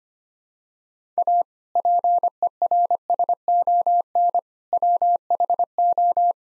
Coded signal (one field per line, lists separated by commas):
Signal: Morse code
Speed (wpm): 25 wpm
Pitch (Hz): 700 Hz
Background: none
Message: A PERSON WHO